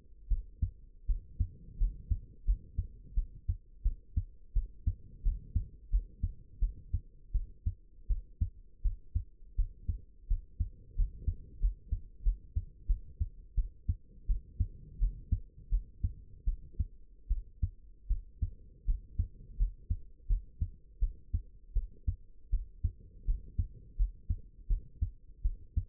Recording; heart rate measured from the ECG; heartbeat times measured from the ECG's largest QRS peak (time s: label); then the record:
heart sounds by stethoscope; 84 bpm
0.29 s: heartbeat
1.07 s: heartbeat
1.78 s: heartbeat
2.45 s: heartbeat
3.15 s: heartbeat
3.83 s: heartbeat
4.54 s: heartbeat
5.23 s: heartbeat
5.90 s: heartbeat
6.60 s: heartbeat
7.32 s: heartbeat
8.08 s: heartbeat
8.83 s: heartbeat
9.56 s: heartbeat
10.28 s: heartbeat
10.96 s: heartbeat
11.60 s: heartbeat
12.23 s: heartbeat
12.87 s: heartbeat
13.55 s: heartbeat
14.27 s: heartbeat
14.99 s: heartbeat
15.70 s: heartbeat
16.45 s: heartbeat
17.28 s: heartbeat
18.08 s: heartbeat
18.86 s: heartbeat
19.57 s: heartbeat
20.28 s: heartbeat
21.00 s: heartbeat
21.74 s: heartbeat
22.51 s: heartbeat
23.26 s: heartbeat
23.97 s: heartbeat
24.68 s: heartbeat
25.43 s: heartbeat
From the record:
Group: healthy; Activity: rest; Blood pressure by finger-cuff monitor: 77/41 mmHg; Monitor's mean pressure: 57 mmHg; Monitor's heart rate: 84 bpm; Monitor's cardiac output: 8.5 L/min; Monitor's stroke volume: 100 mL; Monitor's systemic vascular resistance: 470 dyn s/cm5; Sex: female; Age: 22 years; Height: 161 cm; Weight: 65.5 kg